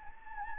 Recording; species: mosquito wingbeat signal from an infrared sensor; Anopheles gambiae